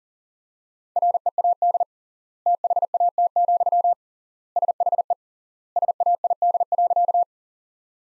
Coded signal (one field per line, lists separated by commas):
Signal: Morse code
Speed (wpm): 40 wpm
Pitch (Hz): 700 Hz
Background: none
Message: READ THAT, SHE SAID.